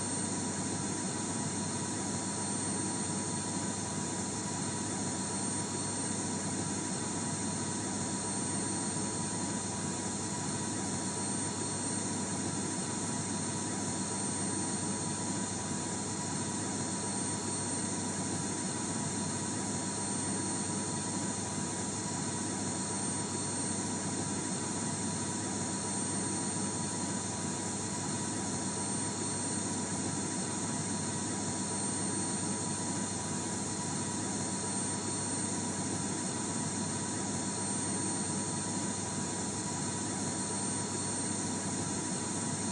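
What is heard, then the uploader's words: A vacuum cleaner runs without pause, a loud, dense roar that stays steady from start to finish. A thin, fixed whine rides over the rushing air, and the low rumble underneath shifts only slightly as the machine moves. ASMR: Vacuuming my Room.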